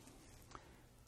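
After the top clip is undone, a memory DIMM pops out of its motherboard slot with a short, sharp snap at 0.55 s over a quiet, low background hum. The module is released from the slot.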